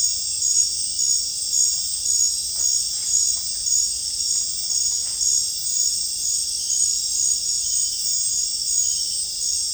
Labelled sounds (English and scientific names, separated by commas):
none